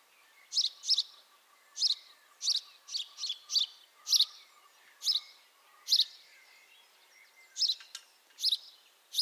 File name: Passer domesticus